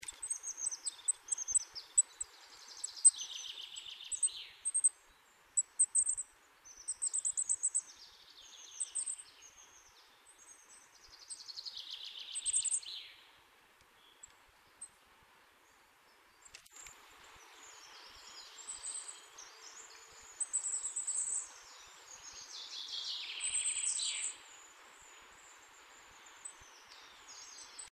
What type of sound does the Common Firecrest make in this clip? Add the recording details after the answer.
song. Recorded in the wild. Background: Fringilla coelebs. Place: Oberstdorf, Bayern, DE. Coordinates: 47.4022, 10.22. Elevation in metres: 1001. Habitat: mountains. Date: 1977-03-25 12:00. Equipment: Nagra IV, Sennheiser MKH 405, Parabolreflektor. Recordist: Tretzel, Erwin. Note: Sesselalpe, Oberstdorf: Gesang